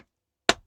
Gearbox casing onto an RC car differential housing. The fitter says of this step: It should just click into place like so.